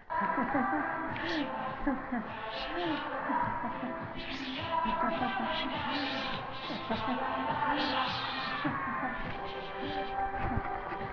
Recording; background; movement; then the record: laughter; music; walking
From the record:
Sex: female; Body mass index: 25.5 kg/m2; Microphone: on the chest, facing the body